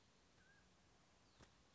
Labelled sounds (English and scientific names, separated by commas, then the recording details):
Mountain Quail (Oreortyx pictus)
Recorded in Sonoma County, California